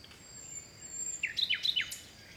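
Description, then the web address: Bird song: a short burst of quick high warbled notes after a quiet start. Forest birds in the early morning in spring, in a Mediterranean forest by the sea in Greece. "Seaside Nature And Waves Nature Forest Birds Wind Early Morning Spring Distant Sea Mediterranean Grece"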